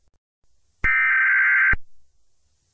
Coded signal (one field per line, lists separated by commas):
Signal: Emergency Alert System (SAME) tones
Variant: header bursts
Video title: EAS Scenario John Doe - Roblox Part One